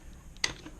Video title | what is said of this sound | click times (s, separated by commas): Interspiro Divator DP1 Training (Video 1 of 2) | that would lock into place. It will not come up. | 0.4 s